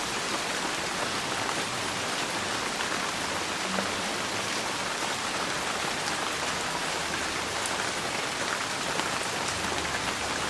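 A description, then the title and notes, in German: Rain falls steadily on a roof, a dense, even hiss of countless drops with no pauses or swells across the whole stretch. Individual patters tick out brightly above the wash, and a faint low rumble sits underneath, constant throughout. Regen auf dem Dach. Ein Tagesregen für tiefen Schlaf hoch oben in der Stadt.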